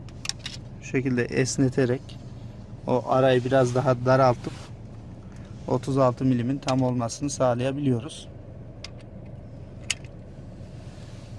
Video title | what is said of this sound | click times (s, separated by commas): FİAT LİNEA KLİMA PANELİ VE İÇ AYDINLATMA AMPUL DEĞİŞİMİ | yerine oturdu arkadaşlar da | 9.9 s